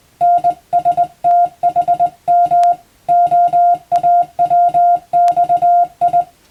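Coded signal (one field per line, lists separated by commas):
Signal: Morse code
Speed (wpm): 20 wpm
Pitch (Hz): 700 Hz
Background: music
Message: NSTHM OAWXI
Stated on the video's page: Morse code practice for the Japanese radiotelegraph operator exam.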